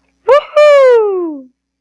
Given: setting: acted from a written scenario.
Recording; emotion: vocal sound without words; pride